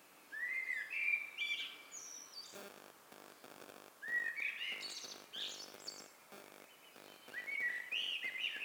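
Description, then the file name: Eurasian blackbird singing three rich warbled phrases, each closing with shrill high twitters, separated by short pauses with soft knocking or rustling sounds. "Turdus merula"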